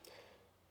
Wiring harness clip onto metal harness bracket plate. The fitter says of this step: just slips on and it'll click in place